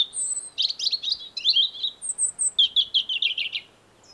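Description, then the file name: European robin song with fluty warbles, a thin high whistle, then a quick string of repeated chirpy notes. "Erithacus rubecula"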